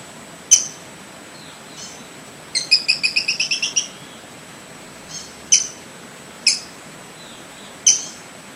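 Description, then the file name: Brown-breasted pygmy-tyrant: a high, sharp single note, then a short rapid trill of several notes, then more isolated sharp ticks about a second apart. "canto do catraca"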